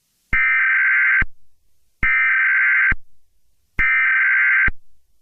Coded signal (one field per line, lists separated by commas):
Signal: Emergency Alert System (SAME) tones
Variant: header bursts